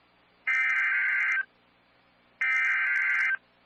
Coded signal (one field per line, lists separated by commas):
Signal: Emergency Alert System (SAME) tones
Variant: header bursts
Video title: An Unexpected Surprise| EAS Alerts From 6/26-7/2/2020 (EAS #41-44) Also Please Read Description